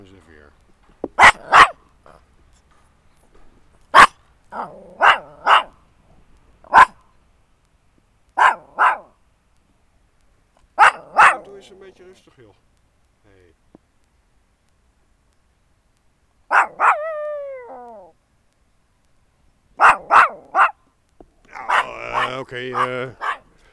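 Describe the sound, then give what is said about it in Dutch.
A small dog barks in sharp, high yaps, often in quick pairs with pauses between, then lets out a rising whine and ends with a rough, rattling growl. A person speaks briefly. “Nu bedreigd door een hondje.”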